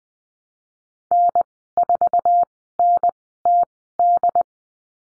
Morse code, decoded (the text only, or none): N4NTD